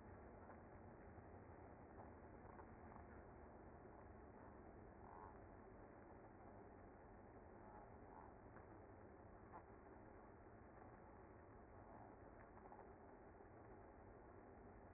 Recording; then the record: honeybee colony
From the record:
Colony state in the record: active